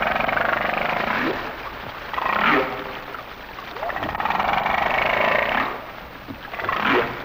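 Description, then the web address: Humpback whale song: drawn-out grating moans broken by short upward sweeps, repeating in a slow cycle against a background of underwater noise. "Whale Songs Sounds of Nature - Humpback Whales"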